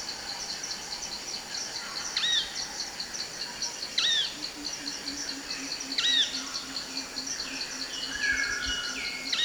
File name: heart spotted woodpecker